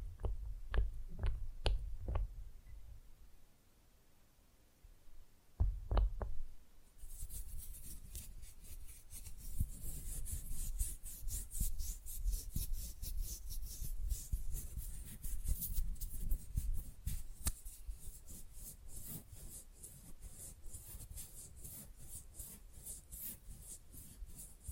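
A few sharp taps open the clip, then from about seven seconds fast, rough nail filing rasps continuously with bright, dense strokes.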